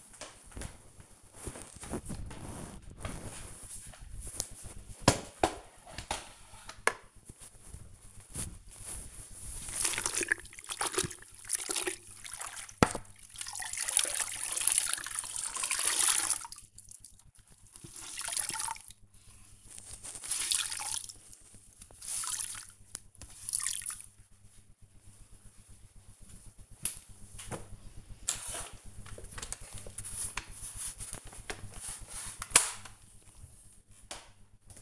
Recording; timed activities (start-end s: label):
household activities, microphone on the right wrist
0.00-34.82 s: floor cleaning